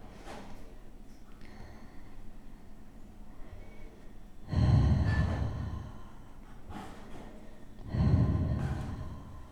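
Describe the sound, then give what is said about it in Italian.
Heavy, forceful breathing with no talking from a person pushing against a tight plastic body brace: a few softer breaths at first, then two loud, rushing breaths a few seconds apart, each swelling and slowly fading. “Se non mi fa respirare, io apposta respiro più forte.”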